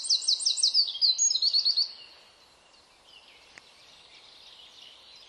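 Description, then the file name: Eurasian wren song ending, a quick high trill that fades after two seconds, followed by soft bird twittering and a single click. "Troglodytes troglodytes"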